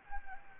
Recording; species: mosquito wingbeat signal from an infrared sensor; Anopheles gambiae